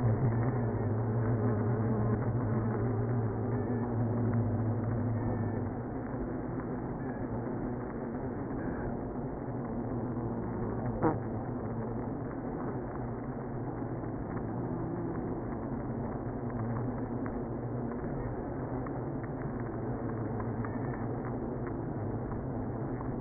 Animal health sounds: honeybee colony, microphone inside the hive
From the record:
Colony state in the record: queenless (queen removed); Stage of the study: after two queens were removed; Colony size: about 60,000 bees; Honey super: yes

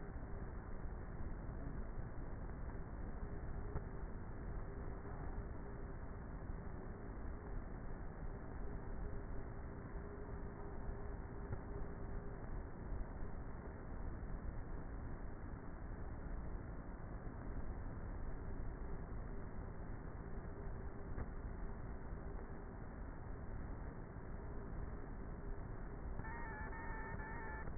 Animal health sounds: honeybee colony, microphone inside the hive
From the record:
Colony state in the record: queenless with a low population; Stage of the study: before two queens were removed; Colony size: about 30,000 bees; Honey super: no

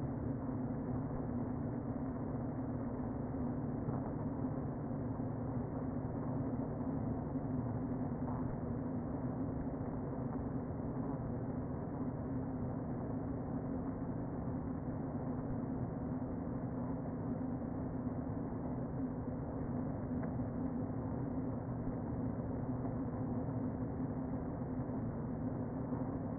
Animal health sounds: honeybee colony, microphone inside the hive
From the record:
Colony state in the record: queen present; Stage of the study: before two queens were removed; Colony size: about 60,000 bees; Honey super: yes

